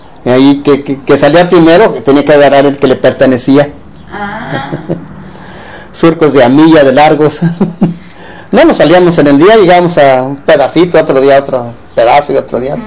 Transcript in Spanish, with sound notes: Ahí que salía primero, tenía que agarrar el que le pertenecía.
¡Ah! (risas)
Surcos de a milla de largos. (risas) No nos salíamos. En el día llegábamos a un pedacito, a otro día a otro pedazo y otro día otro.